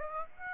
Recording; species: mosquito wingbeat signal from an infrared sensor; Aedes aegypti